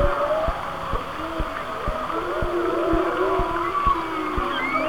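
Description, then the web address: Whale song with a dense tangle of gliding mid-pitched tones and a few high upsweeps, accompanied by rapid repeated clicks. "Natures Songs Whale Songs Whale Songs"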